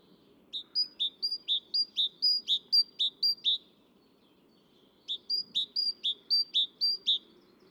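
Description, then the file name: Great tit singing two bursts of brisk, ringing two-note phrases, several each, separated by a short quiet pause; soft background rumble. "Parus major"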